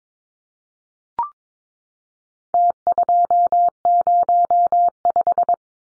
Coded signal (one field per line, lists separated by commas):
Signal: Morse code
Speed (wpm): 22 wpm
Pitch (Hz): 700 Hz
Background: none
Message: T205